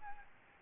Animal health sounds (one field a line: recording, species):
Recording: mosquito wingbeat signal from an infrared sensor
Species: Aedes albopictus